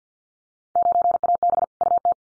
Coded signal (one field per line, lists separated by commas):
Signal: Morse code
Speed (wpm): 50 wpm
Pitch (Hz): 700 Hz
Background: none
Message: 9AB UT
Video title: Field Day Exchange Encore 50wpm